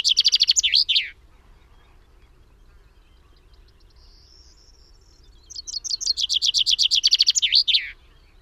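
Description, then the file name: Common chaffinch song: the end of one song with its falling flourish at the start, then after a pause a full song of sharp repeated notes ending in a falling flourish. "Fringilla coelebs"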